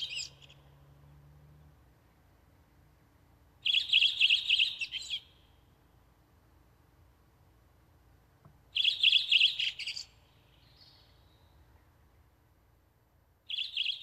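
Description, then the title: Redwing repeating a short, high, scratchy twittering song phrase every four to five seconds. "Viikon luontoääni: Punakylkirastas"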